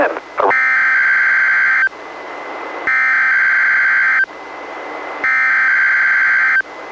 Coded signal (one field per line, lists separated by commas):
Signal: Emergency Alert System (SAME) tones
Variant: header bursts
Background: speech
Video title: EAS #619: NWR Required Weekly Test- May 4, 2022- 11:06AM PDT